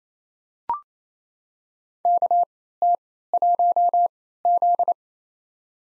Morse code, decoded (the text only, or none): KT1Z